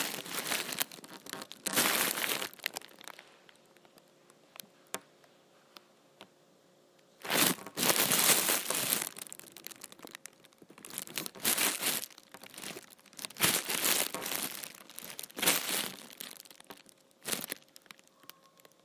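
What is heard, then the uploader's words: An empty trash bag is crumpled and crinkled in irregular bright bursts, loudest around 2, 8, 13 and 16 seconds, with quiet pauses between. ASMR Empty Trash Bag.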